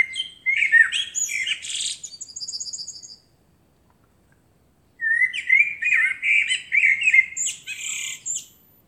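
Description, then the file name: Common blackbird song: a fluted phrase rising into high squeaky notes, silence of about two seconds, then a longer warbling phrase with thin high trills. "Turdus merula"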